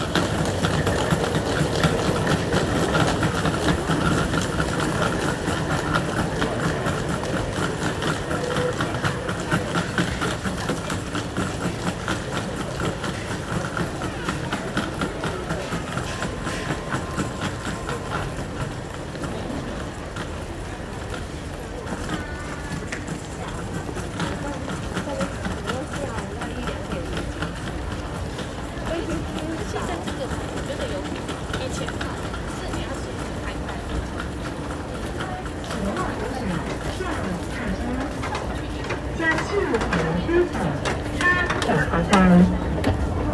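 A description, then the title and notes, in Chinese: Riding the MRT from Taipei Main Station to work: a steady low rumble of the train under murmured voices, growing louder near the end. 從台北車站搭捷運上班。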